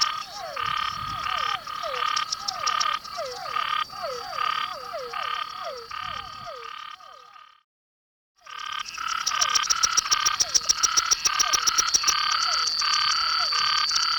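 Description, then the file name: Silver-adorned treefrog: short pulsed notes and lower swooping notes, repeated rapidly; a brief silence near the middle, then calling resumes with faint ticking. "Scinax Argyreornatus"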